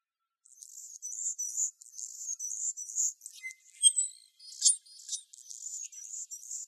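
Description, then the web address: Anna's hummingbird delivering a fast run of scratchy, high buzzy notes, then louder squeaky accents and a brief lower whistle before more buzzy phrases. Recorded in Arizona. "Hummingbirds Swifts AZFO ANHU deviche"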